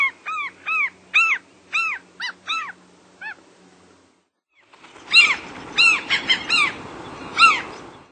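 Mew gull calls: a series of short, repeated, arched squealing notes, a pause, then a noisier burst of overlapping high cries.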